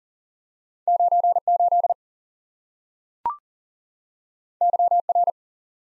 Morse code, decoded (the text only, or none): 98 YR